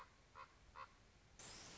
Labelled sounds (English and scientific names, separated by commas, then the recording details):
Common Raven (Corvus corax)
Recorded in Sonoma County, California